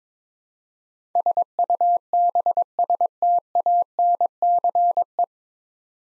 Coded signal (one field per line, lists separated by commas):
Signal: Morse code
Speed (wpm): 22 wpm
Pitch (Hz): 700 Hz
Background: none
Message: SUBSTANCE